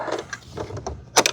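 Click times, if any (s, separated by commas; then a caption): none. A removable plastic part is handled and slid into the base station of a Roborock Saros 10 robot vacuum, with soft scraping and light taps followed by a louder burst of plastic rattling at the end. The clip stops before the part goes home, so nothing has seated or clicked yet.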